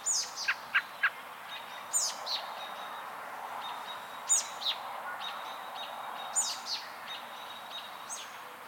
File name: Turdus migratorius - American Robin